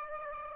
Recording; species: mosquito wingbeat signal from an infrared sensor; Aedes aegypti